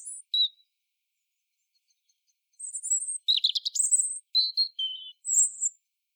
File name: Erithacus rubecula